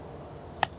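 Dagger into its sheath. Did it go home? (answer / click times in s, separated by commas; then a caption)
yes / 0.6 s. A Cold Steel Peace Keeper-1 dagger with a VG-1 San Mai III blade is pushed into its molded sheath against a quiet background. At 0.6 s the sheath's retention catches with a single short, sharp click. The dagger is seated tight and secure.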